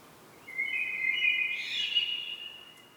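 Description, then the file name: Common blackbird delivering a single smooth whistled phrase. "Turdus merula"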